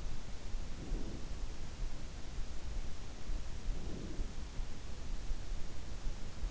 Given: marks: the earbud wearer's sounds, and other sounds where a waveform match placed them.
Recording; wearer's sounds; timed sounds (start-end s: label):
sounds in sleep by an in-ear microphone; breath
0.42-1.45 s: breath
3.57-4.57 s: breath